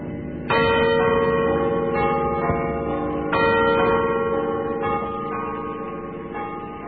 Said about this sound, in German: Erster Gruß aus der Heimat Potsdam. Das Glockenspiel hoch am Turm der alten Garnisonkirche. Mit dem tiefen, innigen Dank an die Vorsehung, den diese Glockenklänge über deutsches Land klingen lassen, beginnen wir unser gemeinsames Weihnachtsfest 1940.